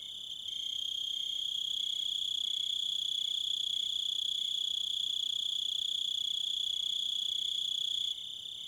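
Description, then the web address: Crickets chirping in a fast, even, high-pitched pulse, continuous throughout, fading in at the start and dropping away near the end. "Dan Gibson Echoes of Nature. American Wilds. Crickets Wolves"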